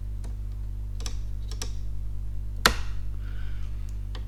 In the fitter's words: that click that's what you want